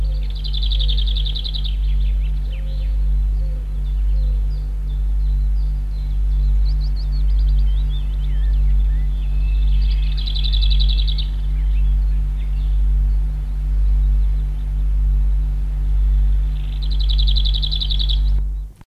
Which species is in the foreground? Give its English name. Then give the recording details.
Lesser Whitethroat. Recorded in the wild. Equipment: Halbspur, 9,5 cm/s. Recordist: Lütgens, Hans. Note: Gesang